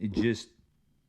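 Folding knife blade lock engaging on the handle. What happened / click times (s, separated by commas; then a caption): The lock has not engaged yet; no seating click is heard / none. A Cosmo Knives prototype folding pocketknife is handled around its blade lock on the handle while someone talks briefly. The blade lock has not snapped into place yet, and nothing has clicked.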